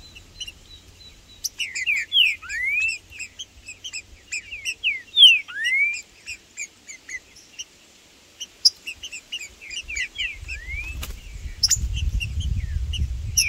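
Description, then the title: Green-winged saltator song: sweeping, slurred whistles in several phrases, with constant high chirping behind and low rumbling toward the end. Birds singing in the bush, calling and performing territorial displays while competing with rivals; a wild bird present alongside the birds named Blindado and Tufão. "TRINCA Piando, Cantando E Macheando Na DISPUTA. Trinca Ferro no MATO Cantando e Macheando muito com Solto! Blindado e Tufão no mato"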